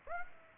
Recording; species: mosquito wingbeat signal from an infrared sensor; Aedes aegypti